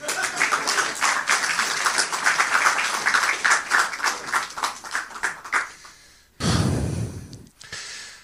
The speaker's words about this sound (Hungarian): Úgy van, tapsoljátok meg magatokat.